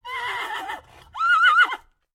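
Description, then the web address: Horse neighing: a harmonic whinny that falls away, then after a short pause a second, higher, wavering neigh. "Lynne Music 2 Horse-Neigh"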